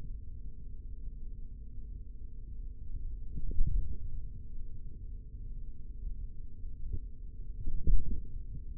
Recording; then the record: forearm muscle sounds (acoustic myography)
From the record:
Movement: hand opening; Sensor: system 3, bracelet of six PUI Audio POM-2738L microphones around the upper forearm, with dedicated amplification and filtering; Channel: 4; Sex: male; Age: 43 years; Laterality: right